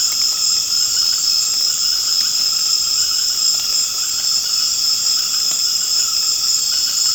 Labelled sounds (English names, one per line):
none